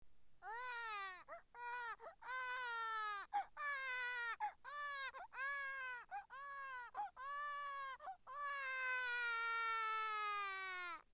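A baby cries in a run of short, tonal wails broken by quick gasping breaths, ending in one long, sustained cry.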